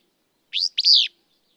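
Willow flycatcher song, one clean, hoarse two-syllable phrase: a brief upward note then a longer buzzy slur, with silence around it.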